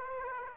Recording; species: mosquito wingbeat signal from an infrared sensor; Aedes aegypti